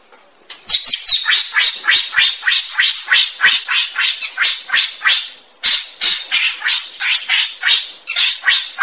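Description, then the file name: Greater racket-tailed drongo gives a rapid series of harsh, scratchy notes, about three per second, with one brief break. "tieng cheo beo duoi co hot"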